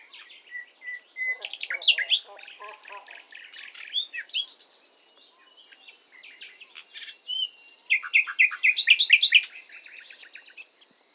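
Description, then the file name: Common nightingale singing varied phrases: clear whistled notes, rapid rattling trills and sharp chirps, pausing briefly midway before a loud fast burst of repeated notes. "Luscinia megarhynchos"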